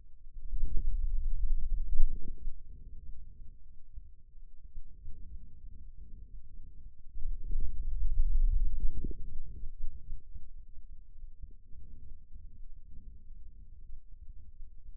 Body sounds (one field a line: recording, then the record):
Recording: forearm muscle sounds (acoustic myography)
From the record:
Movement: hand closing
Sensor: system 2, bracelet of six BSWA MPA416 microphones around the upper forearm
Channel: 1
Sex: male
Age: 22 years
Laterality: right